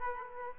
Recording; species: mosquito wingbeat signal from an infrared sensor; Aedes aegypti